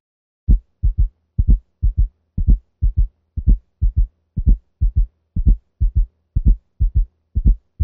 All four heart sounds may be heard, forming a quadruple rhythm. Listen now to a quadruple rhythm at the left cardiac apex listen at 60 beats per minute. The cadence of the sounds is 4, 1, 2, 3.